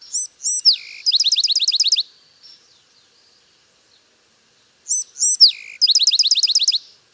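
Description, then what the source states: Bewick's wren song, two high introductory notes and a downslurred note followed by a fast trill of about eight notes, given twice. Described as a vibrant song heard in much of the western U.S.; a close relative of the Carolina wren.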